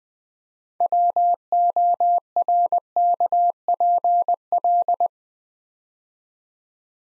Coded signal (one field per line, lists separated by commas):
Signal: Morse code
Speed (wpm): 20 wpm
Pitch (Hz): 700 Hz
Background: none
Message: WORKPL